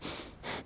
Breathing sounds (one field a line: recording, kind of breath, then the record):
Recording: one breath in and out by a microphone near the nose and mouth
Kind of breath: strong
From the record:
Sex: male